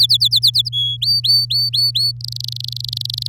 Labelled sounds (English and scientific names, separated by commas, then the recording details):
Domestic Canary (Serinus canaria) song
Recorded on 8 May 2018 at 10:40
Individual llb16